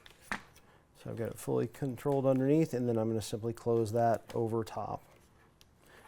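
A spring-contact cover on a drawer light bar is closed over an LED ribbon that has been slid under the spring contacts. Someone talks for most of the clip. A single sharp, short click at 5.6 s shows the cover has snapped shut and seated.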